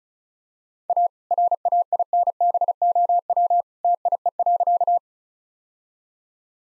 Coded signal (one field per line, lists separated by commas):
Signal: Morse code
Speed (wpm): 34 wpm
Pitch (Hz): 700 Hz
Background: none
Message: A RAINBOW TIE.